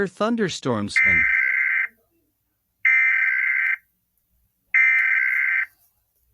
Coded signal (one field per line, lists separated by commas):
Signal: Emergency Alert System (SAME) tones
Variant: header bursts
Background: speech